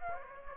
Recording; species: mosquito wingbeat signal from an infrared sensor; Aedes aegypti